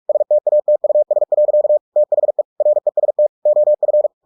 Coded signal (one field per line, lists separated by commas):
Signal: Morse code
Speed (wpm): 46 wpm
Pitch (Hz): 600 Hz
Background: none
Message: STATUS. THE REST OF